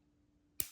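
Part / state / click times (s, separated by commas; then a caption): stainless steel jump ring closing onto a carabiner and chain link / seated / 0.6 s. A stainless steel jump ring holding a carabiner to the last link of a chain is closed with pliers. At 0.6 s, a single sharp, bright click rings out over a faint steady hum as the ring ends pass each other, then fades quickly. The ring closes, with its ends then brought back to meet.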